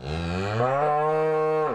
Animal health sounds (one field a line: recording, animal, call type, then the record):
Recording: contact call of a hoofed animal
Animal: cattle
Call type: low-frequency (closed-mouth) or high-frequency (open-mouth) call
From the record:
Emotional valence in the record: negative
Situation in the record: full separation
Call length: 1.75 s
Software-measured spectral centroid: 1290 Hz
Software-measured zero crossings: 1320 a second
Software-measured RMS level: -24 dBFS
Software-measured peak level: -10 dBFS